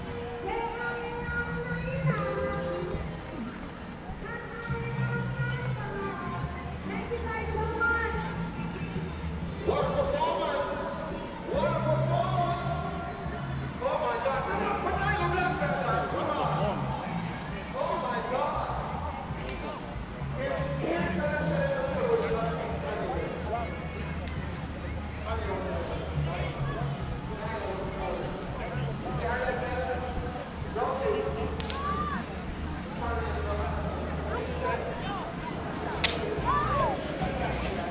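Crowd chatter and voices fill a reggae concert space, with a steady low bass pulse underneath and occasional sharp snaps or claps.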